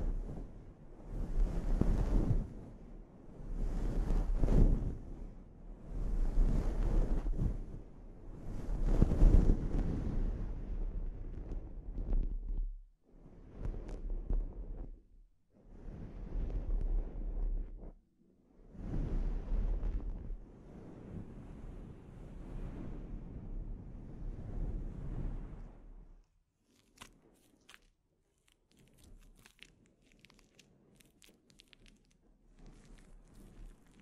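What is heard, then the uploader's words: Scalp treatment with loud rhythmic rubbing strokes about every two seconds, pausing briefly, then fading after 26 seconds to faint crackles. ASMR Sleep Inducing Scalp Treatment (No Talking).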